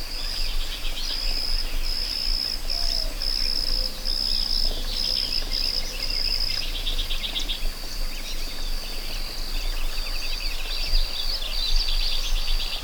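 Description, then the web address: Cricket chirping: a high, pulsing trill sounding in long stretches with short breaks, with soft bird twitters and a low rustling background. Meadow ambience with birds and crickets. "Dr Sound Effects. A Meadow With Birds and Crickets"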